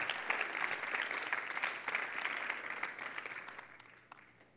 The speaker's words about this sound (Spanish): ¿Por qué no le dan un aplauso a Dios? ¡Auch! ¿Tú le das?